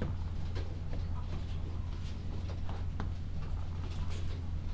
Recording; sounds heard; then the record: poultry house recording; sick chickens (respiratory disease)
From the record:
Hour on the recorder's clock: 12